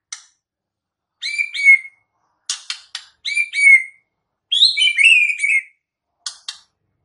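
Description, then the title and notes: White-rumped shama song: clear whistled phrases with slurred notes, interspersed with sharp clicks and short pauses. Murai batu song played as a lure for bird trapping (pikat). "MB Pikat Jitu.. Suara Mantap. murai batu"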